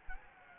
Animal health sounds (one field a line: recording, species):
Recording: mosquito wingbeat signal from an infrared sensor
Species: Anopheles gambiae